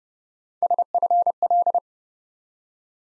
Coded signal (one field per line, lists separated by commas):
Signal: Morse code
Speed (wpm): 31 wpm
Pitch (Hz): 700 Hz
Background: none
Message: SFL